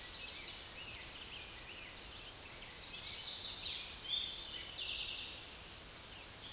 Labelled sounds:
Chestnut-sided Warbler (Setophaga pensylvanica) song
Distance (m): 10 m
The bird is about level with the microphone
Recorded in a Pennsylvania forest on 16 May 2024 at 08:37
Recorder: AudioMoth, point MSD-1534
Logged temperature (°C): 15.6 °C
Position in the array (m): 35 m, 30 m

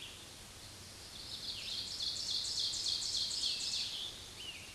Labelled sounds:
Ovenbird (Seiurus aurocapilla) song
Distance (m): 40 m
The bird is about 10 m above the microphone
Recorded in a Pennsylvania forest on 16 May 2024 at 06:33
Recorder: AudioMoth, point MSD-1539
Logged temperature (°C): 16.0 °C
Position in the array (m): 135 m, 5 m

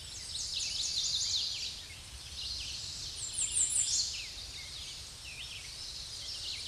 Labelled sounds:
American Redstart (Setophaga ruticilla) song
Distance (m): 15 m
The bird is about 15 m above the microphone
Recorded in a Pennsylvania forest on 16 May 2024 at 06:53
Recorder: AudioMoth, point MSD-2273
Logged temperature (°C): 16.0 °C
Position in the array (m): 49 m, 226 m

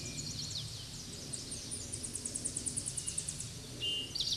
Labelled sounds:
Tennessee Warbler (Leiothlypis peregrina) song
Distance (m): 35 m
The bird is about 15 m above the microphone
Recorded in a Pennsylvania forest on 16 May 2024 at 07:37
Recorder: AudioMoth, point MSD-2257
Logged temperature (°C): 16.0 °C
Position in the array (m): 216 m, 160 m

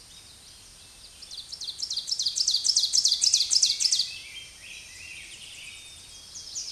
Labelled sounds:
Ovenbird (Seiurus aurocapilla) song
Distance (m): 15 m
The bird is about level with the microphone
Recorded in a Pennsylvania forest on 16 May 2024 at 06:57
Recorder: AudioMoth, point MSD-2083
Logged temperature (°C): 16.7 °C
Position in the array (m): 137 m, 9 m

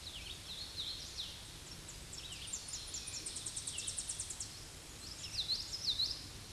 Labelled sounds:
Tennessee Warbler (Leiothlypis peregrina) song
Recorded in a Pennsylvania forest on 16 May 2024 at 07:50
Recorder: AudioMoth, point MSD-2456
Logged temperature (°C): 16.4 °C
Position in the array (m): 162 m, 95 m

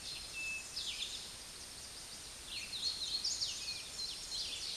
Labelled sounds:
Hooded Warbler (Setophaga citrina) song
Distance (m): 5 m
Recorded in a Pennsylvania forest on 16 May 2024 at 06:29
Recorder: AudioMoth, point MSD-0398
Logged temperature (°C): 16.4 °C
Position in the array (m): 143 m, 89 m

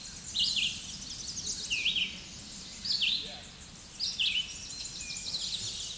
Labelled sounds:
Red-eyed Vireo (Vireo olivaceus) song
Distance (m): 10 m
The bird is about 10 m above the microphone
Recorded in a Pennsylvania forest on 16 May 2024 at 07:46
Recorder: AudioMoth, point MSD-1411
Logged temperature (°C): 16.1 °C
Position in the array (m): 41 m, 181 m

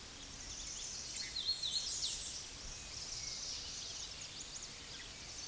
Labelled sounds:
Hooded Warbler (Setophaga citrina) song
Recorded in a Pennsylvania forest on 16 May 2024 at 08:55
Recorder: AudioMoth, point MSD-1405
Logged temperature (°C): 15.6 °C
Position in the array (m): 104 m, 54 m

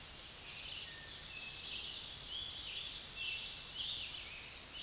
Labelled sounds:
Chestnut-sided Warbler (Setophaga pensylvanica) song
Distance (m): 25 m
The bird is about 5 m above the microphone
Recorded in a Pennsylvania forest on 16 May 2024 at 06:02
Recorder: AudioMoth, point MSD-2095
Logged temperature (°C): 16.3 °C
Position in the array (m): 138 m, 91 m

